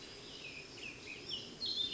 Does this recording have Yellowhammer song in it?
no